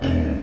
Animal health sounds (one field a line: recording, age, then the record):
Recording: pig call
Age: growing-finishing pig (85 days or more)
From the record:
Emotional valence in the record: negative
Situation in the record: barren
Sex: female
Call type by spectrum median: low-frequency call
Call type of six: low-frequency stable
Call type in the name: low-frequency stable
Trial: 1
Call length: 0.42 s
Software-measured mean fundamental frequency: 43 Hz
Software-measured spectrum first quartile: 104 Hz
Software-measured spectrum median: 231 Hz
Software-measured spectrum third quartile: 447 Hz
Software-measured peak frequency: 261 Hz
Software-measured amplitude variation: 131 dB a second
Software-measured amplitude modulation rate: 30.6 a second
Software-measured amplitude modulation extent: 4.3 dB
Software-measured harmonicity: -3.2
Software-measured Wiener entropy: -0.80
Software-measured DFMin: 907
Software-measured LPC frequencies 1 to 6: 1703, 2374, 2975, 3689, 4687, 5393 Hz